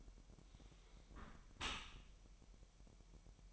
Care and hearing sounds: daily activity, microphone in the room; close dishwasher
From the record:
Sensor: 1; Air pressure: 1000.5 hPa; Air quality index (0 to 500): 248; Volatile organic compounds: 143 ppm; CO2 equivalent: 3991 ppm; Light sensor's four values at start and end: 11/27/11/12 and 11/27/11/12

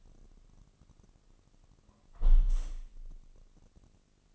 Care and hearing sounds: daily activity, microphone in the room; close window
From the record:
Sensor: 4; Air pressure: 1005.5 hPa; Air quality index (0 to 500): 92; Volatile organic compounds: 2 ppm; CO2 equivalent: 1128 ppm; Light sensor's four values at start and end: 13/29/12/11 and 13/29/11/11

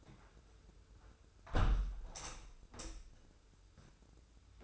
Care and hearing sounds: daily activity, microphone in the room; close window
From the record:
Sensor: 2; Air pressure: 995.6 hPa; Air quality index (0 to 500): 84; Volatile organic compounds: 3 ppm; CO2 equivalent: 1513 ppm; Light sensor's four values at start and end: 24/77/30/29 and 24/76/30/29

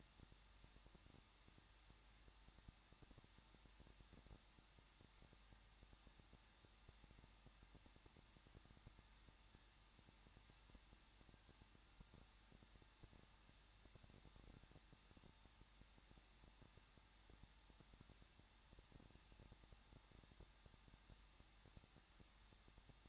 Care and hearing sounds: daily activity, microphone in the room; no activity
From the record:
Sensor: 3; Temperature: 21.2 degrees Celsius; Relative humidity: 36.3%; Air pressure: 1006.3 hPa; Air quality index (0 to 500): 221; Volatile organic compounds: 41 ppm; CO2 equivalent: 3157 ppm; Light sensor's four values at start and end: 2/3/2/2 and 2/3/2/2

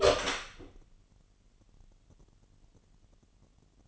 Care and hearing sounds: daily activity, microphone in the room; open door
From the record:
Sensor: 4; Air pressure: 999.0 hPa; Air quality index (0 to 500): 115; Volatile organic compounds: 2 ppm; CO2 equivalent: 1135 ppm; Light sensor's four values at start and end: 12/30/12/13 and 13/32/12/14

